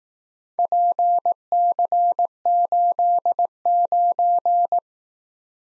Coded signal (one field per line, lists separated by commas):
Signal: Morse code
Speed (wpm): 19 wpm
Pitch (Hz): 700 Hz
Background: none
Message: PC89